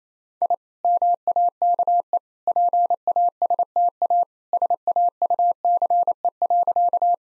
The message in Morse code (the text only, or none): I MAKE PASTA SAUCE.